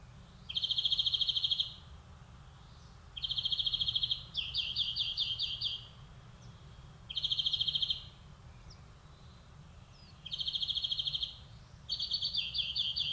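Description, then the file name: European greenfinch song: fast rattling trills alternating with twittering phrases, with short pauses between. "Chloris chloris"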